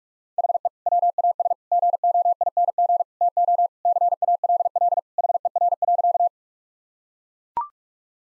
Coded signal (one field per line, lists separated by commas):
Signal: Morse code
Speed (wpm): 41 wpm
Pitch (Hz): 700 Hz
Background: none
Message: HE WAS GOING TO CALL HER.